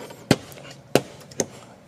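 On a 2016 Toyota Prius, the plastic passenger-side dash trim panel, already loosened at its lower edge with a plastic trim tool, is pulled by hand from the dashboard. Its retaining clips snap loose in three sharp pops at 0.3, 1.0 and 1.4 seconds, with fainter ticks in between. The panel's clips are released.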